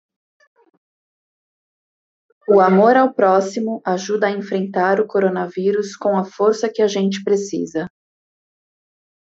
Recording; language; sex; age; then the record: spoken sentence; Brazilian Portuguese; female; 30 to 39 years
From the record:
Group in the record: control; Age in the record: 38 years